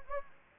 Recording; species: mosquito wingbeat signal from an infrared sensor; Anopheles gambiae